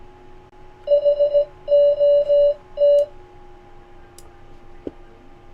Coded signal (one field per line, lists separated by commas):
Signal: Morse code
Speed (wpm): 16 wpm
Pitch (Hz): 580 Hz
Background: none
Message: HOT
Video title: YAESU FT-891S 18 - CW Decoding Via The PC's Microphone - C# WPF - David G7UIV